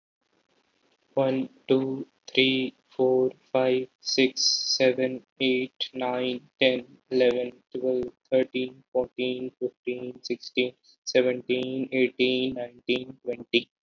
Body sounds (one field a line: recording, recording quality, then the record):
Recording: counting at a normal pace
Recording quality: excellent, no background noise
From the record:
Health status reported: healthy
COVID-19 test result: negative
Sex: male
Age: 18 years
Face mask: worn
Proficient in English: yes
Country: India